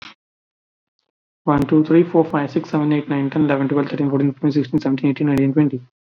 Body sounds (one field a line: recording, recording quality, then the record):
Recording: counting at a fast pace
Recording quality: excellent, no background noise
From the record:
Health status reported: COVID-19 positive, mild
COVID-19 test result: positive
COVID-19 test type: RT-PCR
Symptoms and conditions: cold, sore throat, fever, hypertension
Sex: male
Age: 24 years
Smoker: no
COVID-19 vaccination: both doses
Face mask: not worn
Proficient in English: yes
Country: India